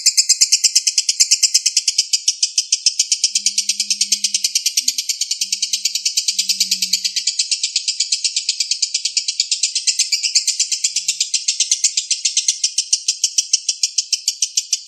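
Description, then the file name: Lovebird in a sustained trill: a long, even stream of rapid squeaky, buzzy pulses, with a faint low hum heard briefly midway. Long trill, a song style locally called ngekek panjang. "ngekek panjang lovebird kusumo"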